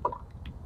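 On a Mitsubishi 3000GT/GTO, the electrical plug on the cigarette lighter/12 V socket wiring is pulled off its connector after its retaining clip has been pulled out, and it comes off easily because the clip is undone. A sharp plastic click at 0.1 s marks the release, followed by fainter ticks around 0.1 s and 0.5 s. The plug is released from the connector.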